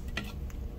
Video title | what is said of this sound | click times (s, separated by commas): Transformers HasLab Victory Saber - Primera Muestra (Prototipo Funcional) | it snaps in place | 0.2 s